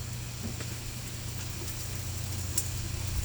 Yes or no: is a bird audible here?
no